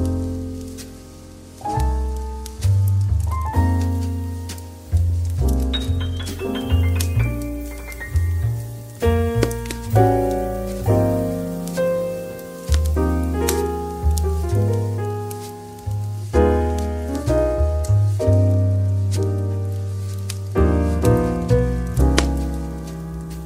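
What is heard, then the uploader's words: Soft light jazz with plucked notes and warm low bass moving through changing chords, a steady fireplace crackle patters faintly underneath throughout. Soft Light Jazz & Cozy Crackling Fireplace.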